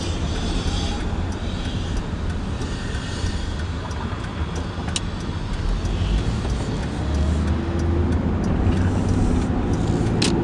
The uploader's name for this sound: Afternoon drive and a car wash in Phoenix Arizona